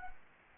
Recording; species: mosquito wingbeat signal from an infrared sensor; Anopheles arabiensis